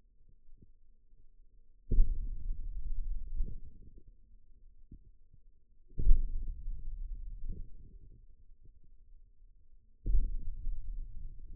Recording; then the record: forearm muscle sounds (acoustic myography)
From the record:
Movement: hand opening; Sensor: system 2, bracelet of six BSWA MPA416 microphones around the upper forearm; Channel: 1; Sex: male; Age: 22 years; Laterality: right